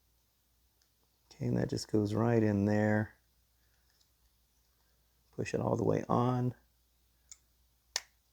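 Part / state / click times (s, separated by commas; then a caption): plastic hologram projector part onto its mount in a model robot / seated / 8.0 s. A small plastic hologram projector part for a Fanhome R2-D2 model robot is pushed all the way onto its mount while someone talks. A faint tick at 7.3 seconds is followed by a sharp snap at 8.0 seconds as the part seats in place.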